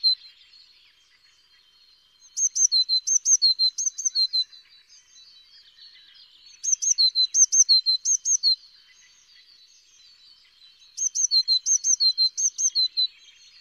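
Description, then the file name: Eurasian blue tit singing three bursts of thin, high paired notes, each dropping to a lower note, about every four seconds, with faint twittering in the gaps. "Cyanistes caeruleus"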